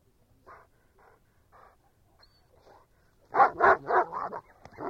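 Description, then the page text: German Shepherd dog: a few soft muffled barks at first, then a loud burst of rapid, harsh barks toward the end. Quiet barking. "Звук овчарка гавкает. ЗВУКОДАР"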